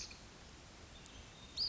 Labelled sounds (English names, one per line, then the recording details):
Western Flycatcher
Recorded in Sonoma County, California